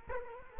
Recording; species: mosquito wingbeat signal from an infrared sensor; Culex quinquefasciatus